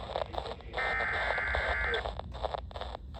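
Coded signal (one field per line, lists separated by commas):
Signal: Emergency Alert System (SAME) tones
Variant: header bursts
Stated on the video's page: EAS weather alerts recorded with an iPhone 14.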